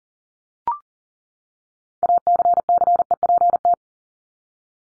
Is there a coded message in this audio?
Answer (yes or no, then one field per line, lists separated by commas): yes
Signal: Morse code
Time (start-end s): 2.0-3.7 s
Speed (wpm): 40 wpm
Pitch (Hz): 700 Hz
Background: none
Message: ACCEPT